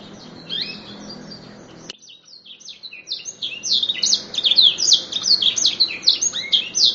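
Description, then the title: Atlantic canary song: two seconds of chirps, a sudden break, then a stream of quick, high, falling chirps and short twittered phrases that grows louder. "kenari"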